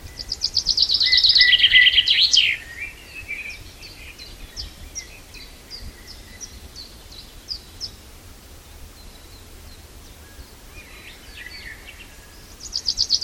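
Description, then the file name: Common chaffinch song opens with a strong descending trill and flourish, then faint high ticking notes, and another song begins at the very end. "Fringilla coelebs"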